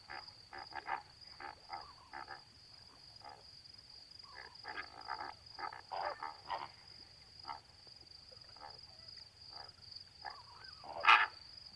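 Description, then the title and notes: Greater flamingo calls, bursts of nasal gabbling honks from a group, with one loud honk near the end, above a continuous high-pitched tone. Flock feeding calmly at night, standing in water halfway up their legs, occasionally calling; edge of Étang de Vaccarès, Camargue, France; 4 September 2020, 23:10; windless night; Nagra Seven, B&K omni microphone. "Etang de Vaccares - Camargue. Flamant rose ( Phoenicopterus ruber )"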